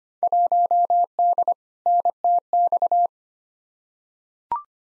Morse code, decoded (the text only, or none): 1D NTX